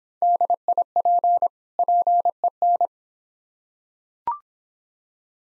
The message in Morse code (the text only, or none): DIP PEN